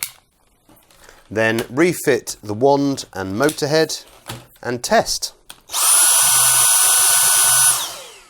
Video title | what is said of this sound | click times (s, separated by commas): Carry Out a Dyson Stick Vacuum MOTOR Replacement - YOURSELF! | To refit the bin ensure that the tab on the front of the cyclone fits under the front lip of the bin, and then it should click into place. | 0.0 s